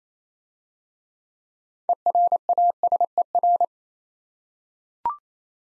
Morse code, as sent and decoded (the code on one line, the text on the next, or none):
. .-. .- ... . .-.
ERASER